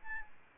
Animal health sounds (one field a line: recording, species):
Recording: mosquito wingbeat signal from an infrared sensor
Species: Anopheles arabiensis